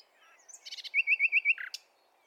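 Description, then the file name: Common nightingale song snippet: quick chattering notes, then four clear looping whistles and a harsh ending note. "Luscinia megarhynchos"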